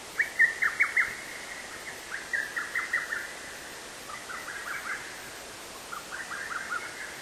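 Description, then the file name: Little cuckoo call, rapid chattering phrases of whistled notes given in several runs, the later ones softer and slightly lower, over a steady hiss. "little cuckoo"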